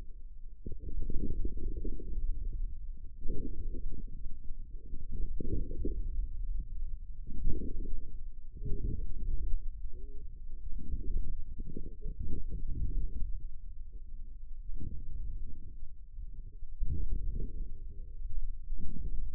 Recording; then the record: forearm muscle sounds (acoustic myography)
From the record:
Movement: inward rotation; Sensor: system 2, bracelet of six BSWA MPA416 microphones around the upper forearm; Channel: 2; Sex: male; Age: 22 years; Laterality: right